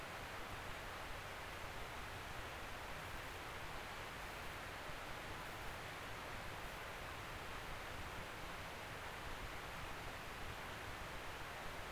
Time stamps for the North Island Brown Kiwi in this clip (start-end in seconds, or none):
none